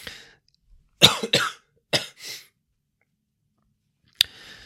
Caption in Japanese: Covid 19 test Positive コロナ陽性になり、自己隔離をしている間の症状などを音声で残しました。 今回は自己隔離2日目(2022年7月20日)の収録です。 途中、咳をしたり辛そうな声なので。